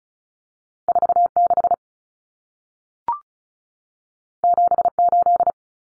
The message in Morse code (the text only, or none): 46 78